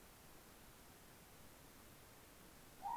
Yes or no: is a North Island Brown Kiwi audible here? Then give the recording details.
no. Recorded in New Zealand on 14 February 2013. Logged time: 02:13. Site DH65